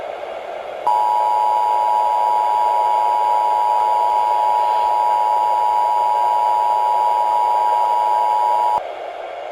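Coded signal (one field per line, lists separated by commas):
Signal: Emergency Alert System (SAME) tones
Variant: 853 and 960 Hz attention tone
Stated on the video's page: Recreation of a Tornado Warning EAS alert.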